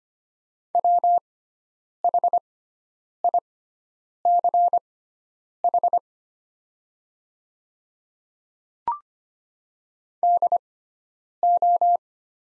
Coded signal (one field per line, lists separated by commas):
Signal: Morse code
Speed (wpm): 25 wpm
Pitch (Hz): 700 Hz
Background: none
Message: WHICH DO